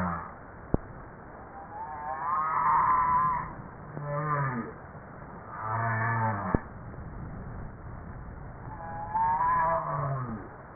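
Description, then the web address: Humpback whale song: harmonic moans, some sweeping downward, alternate with higher wavering cries, with a couple of sharp knocks between them. "JASA 2013 Blue Bowhead Fin Humpback Southern Right Whale humpback"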